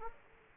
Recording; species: mosquito wingbeat signal from an infrared sensor; Aedes aegypti